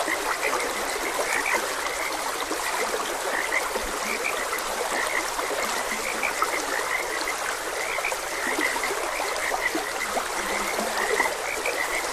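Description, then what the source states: Frogs croaking without pause, many rapid overlapping calls blended with the rush of a gentle stream. Frogs croaking beside a gentle stream.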